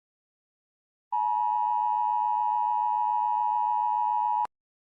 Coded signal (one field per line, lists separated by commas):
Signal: Emergency Alert System (SAME) tones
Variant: 853 and 960 Hz attention tone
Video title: Rating EAS alarms! //Part 4 and 5! // kinemaster